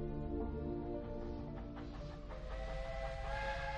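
A steam train whistle blows one long, steady, loud note with rich harmonics, while a rushing hiss of steam builds beneath it and swells toward the end, as the steam train speeds from north to south across open wilderness. No one speaks.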